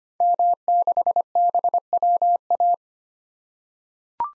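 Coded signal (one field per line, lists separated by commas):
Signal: Morse code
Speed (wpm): 25 wpm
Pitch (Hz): 700 Hz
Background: none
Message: M6BWA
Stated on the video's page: Morse code practice at 25 wpm of common SOTA activator call signs for head-copy, each sent, spoken, then sent again.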